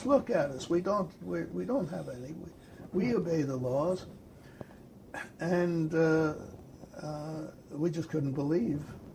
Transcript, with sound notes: Look at us, we don't - we don't have any. We - we obey the laws!" (cough) And we just couldn't believe